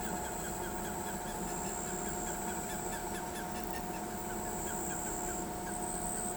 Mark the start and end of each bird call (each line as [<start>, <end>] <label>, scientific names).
[0.00, 3.81] Vanellus chilensis